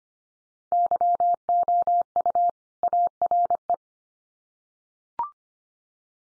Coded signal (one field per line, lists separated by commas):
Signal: Morse code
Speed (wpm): 25 wpm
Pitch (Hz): 700 Hz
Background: none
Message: YOU ARE